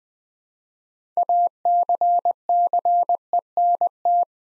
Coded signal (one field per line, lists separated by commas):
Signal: Morse code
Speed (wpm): 20 wpm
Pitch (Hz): 700 Hz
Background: none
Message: ACCENT